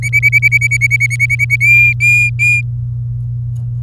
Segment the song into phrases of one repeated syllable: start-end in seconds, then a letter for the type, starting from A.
0.02-1.56 A, 1.60-2.61 B